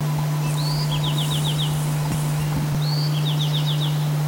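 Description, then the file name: Bewick's wren singing twice: a thin rising note, then a short trill of about five high notes. A loud steady low hum runs throughout. Recorded 29 May 2005. "Bewicks Wren 05292005"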